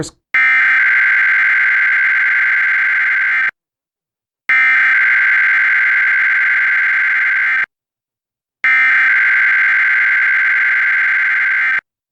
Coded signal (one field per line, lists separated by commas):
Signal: Emergency Alert System (SAME) tones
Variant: header bursts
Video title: EAS #916-917: 2 EAS Required Monthly Tests- Mar. 8, 2024- 11:45AM PST